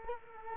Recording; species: mosquito wingbeat signal from an infrared sensor; Culex quinquefasciatus